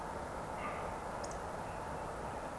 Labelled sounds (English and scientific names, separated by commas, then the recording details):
Eurasian Woodcock (Scolopax rusticola) whistle
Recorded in Baden-Württemberg, Germany, on 25 June 2020 at 19:44 UTC
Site 14569, 102 m above sea level